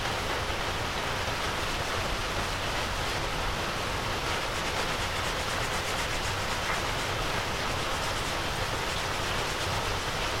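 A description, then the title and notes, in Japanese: Rain falls on an evening before a typhoon, a steady, dense hiss that holds at one level for the whole stretch. The sound is full and even from low rumble to bright top, with faint light ticks scattered through the middle and near the end. 台風前の雨降りの夕方、軒下で乾かしていた人参のタネを落としています。手でしごき落とし、バラしていきます。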